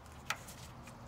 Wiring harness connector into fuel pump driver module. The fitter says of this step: that on there and then connect it until it clicks make sure you hear that click there